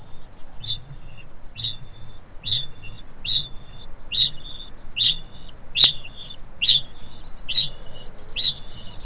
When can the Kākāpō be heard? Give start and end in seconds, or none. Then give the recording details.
0.14-9.05. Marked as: faintness 2/5. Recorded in New Zealand. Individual Stumpy